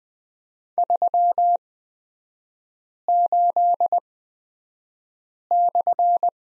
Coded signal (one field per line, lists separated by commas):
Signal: Morse code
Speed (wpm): 20 wpm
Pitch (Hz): 700 Hz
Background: none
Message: 38/